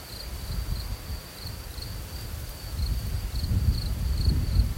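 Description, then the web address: Cricket chirping in repeated high, pulsed bursts, partly masked by strong low wind rumble. With soft wind. "sleep well sounds cricket soft-wind-with-crows-and-birds-in-nature"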